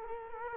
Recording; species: mosquito wingbeat signal from an infrared sensor; Culex quinquefasciatus